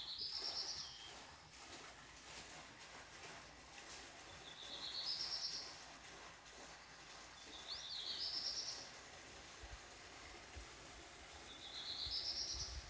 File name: Black redstart calls